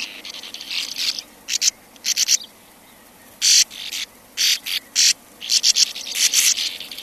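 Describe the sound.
Sand martin calls, short harsh rasping bursts separated by brief silences.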